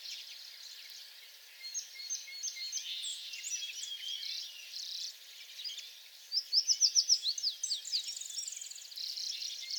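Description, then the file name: American tree sparrow song, a clear run of rapid, evenly spaced sweet notes near the end, over a busy chatter of other twittering birds. Recorded on 28 April 2022; several songs. "2022-04-28 American Tree Sparrow songs"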